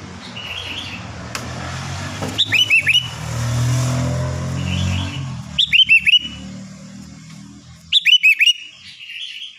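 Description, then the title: Sooty-headed bulbul song in three crisp phrases of quick, slurred whistled notes, roughly every three seconds, with a low rumble underneath. "Kutilang"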